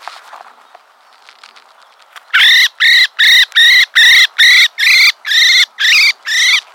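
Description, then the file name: Common blackbird: faint rustling at first, then from about two seconds a loud, regular run of eleven harsh, buzzy notes. "Turdus merula"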